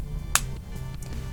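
A plastic ink cartridge is pushed into the nib section of a Speedball calligraphy pen until it clicks. One sharp, loud click sounds at 0.4 s over a low, steady background hum, with a much fainter tick near 1.0 s. The cartridge is seated and the pen is ready.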